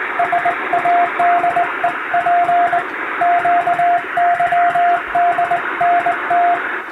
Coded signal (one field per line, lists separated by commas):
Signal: Morse code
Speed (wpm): 21 wpm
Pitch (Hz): 700 Hz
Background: radio noise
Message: SADEP QYDNT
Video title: 【モールス教室毎日開催中！】第１級無線通信士が打つ綺麗な手打ち欧文モールス信号です。アマチュア無線ハムの練習にもどうぞ(morse code practice radio operator )